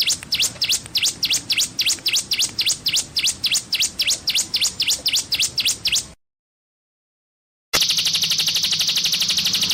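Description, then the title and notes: Streaked spiderhunter song: fast, evenly repeated high V-shaped chips, several per second, then a silent break and a dense, buzzy high trill. Used for training cage birds; singing actively, clear and long. "Pijantung Gunung Gacor Jernih Panjang. Masteran burung"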